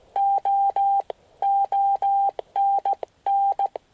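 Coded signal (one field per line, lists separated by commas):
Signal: Morse code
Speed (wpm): 18 wpm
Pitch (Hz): 790 Hz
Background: none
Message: O ON N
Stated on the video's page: Winter Field Day 2016 operation.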